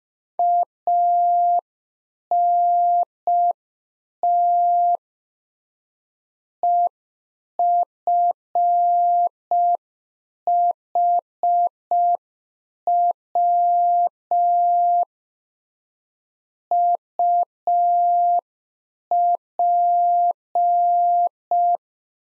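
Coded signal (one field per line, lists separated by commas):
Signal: Morse code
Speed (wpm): 5 wpm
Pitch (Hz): 700 Hz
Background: none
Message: ANT EFHW UP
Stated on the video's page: Practice QSO exchange (rig, antenna, weather) sent in Morse at 5 wpm for head-copy drill.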